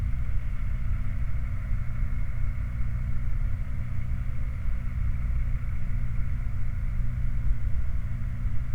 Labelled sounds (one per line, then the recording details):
flare stack
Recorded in the Prudhoe Bay oil fields, Alaska, on 8 July 2019 at 02:28
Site 29